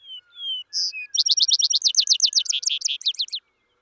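Vesper sparrow song opening with clear whistled notes, then a loud, rapid series of descending trill notes lasting about two seconds.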